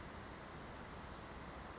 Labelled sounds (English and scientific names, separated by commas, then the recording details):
Brown Creeper (Certhia americana)
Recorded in Sonoma County, California